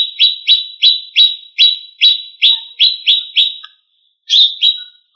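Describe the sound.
Leafbird calling with a run of clear, rapidly repeated chips, a brief pause, then two more notes.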